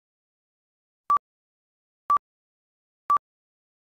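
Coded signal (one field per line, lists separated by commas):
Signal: none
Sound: answering machine beep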